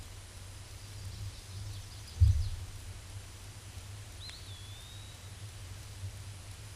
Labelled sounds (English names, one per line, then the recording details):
Eastern Wood-Pewee song
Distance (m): 75 m
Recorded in a Pennsylvania forest on 18 May 2023 at 13:38
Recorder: AudioMoth, point grid1_30_low
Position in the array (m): 188 m, 148 m